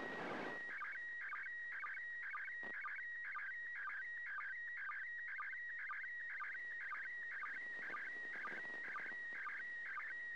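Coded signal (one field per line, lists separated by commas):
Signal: SSTV (slow-scan television)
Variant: PD 120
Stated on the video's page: SSTV images in PD 120 format from the International Space Station on 145.800 MHz, an ARISS event in memory of a cosmonaut.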